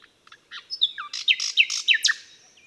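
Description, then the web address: Common nightingale song in one short phrase: soft opening notes build into loud, sharp, rapidly repeated slurred notes, then fade. "SETE data Luscinia megarhynchos"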